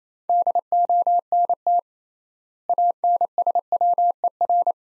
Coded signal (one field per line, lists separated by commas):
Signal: Morse code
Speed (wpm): 27 wpm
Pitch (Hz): 700 Hz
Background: none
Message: DONT ANSWER